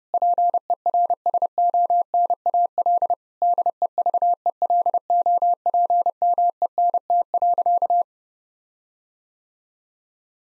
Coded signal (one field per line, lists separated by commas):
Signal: Morse code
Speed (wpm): 32 wpm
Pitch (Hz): 700 Hz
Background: none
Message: PERSONAL DEVELOPMENT.